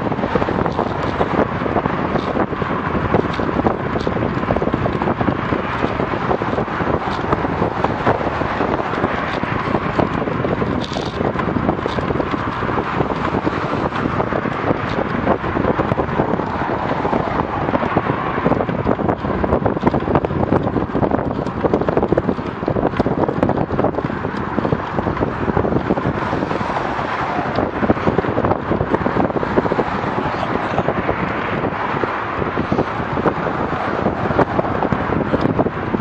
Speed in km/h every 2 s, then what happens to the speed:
39, 37, 35, 34, 33, 32, 30, 30, 29, 28, 28, 27, 27, 26, 26, 26, 25, 24.
0-15 slows to 29. 15-36 steady at about 26.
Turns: none.